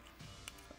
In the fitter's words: Don't ask me why, but it clicks in the same way,